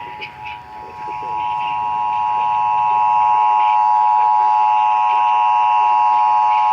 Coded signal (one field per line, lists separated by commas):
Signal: Emergency Alert System (SAME) tones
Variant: 853 and 960 Hz attention tone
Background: speech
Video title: KFBK RWT & OC SHERIFFS TAKING TOO LONG TO SEND EOMS.... (Broadcast Radio EAS: RWT/RMT (EAS #365-367)